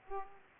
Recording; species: mosquito wingbeat signal from an infrared sensor; Aedes aegypti